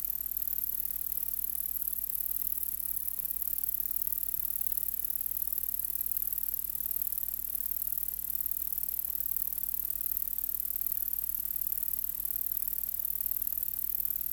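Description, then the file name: Large saw-tailed bush-cricket singing a continuous shrill buzz high in pitch, even and unbroken for the whole stretch, a steady low hum underneath. "Polysarcus denticauda"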